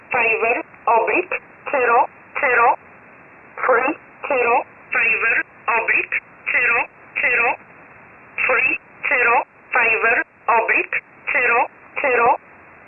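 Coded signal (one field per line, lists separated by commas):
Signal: numbers station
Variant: E11 Oblique, English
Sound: about sixteen short spoken words in even rhythm through a narrow radio channel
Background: faint radio hiss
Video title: 04 06 2021 Number station E11 Oblique in English to Eu 1000 on 12153 unknown tx site in USB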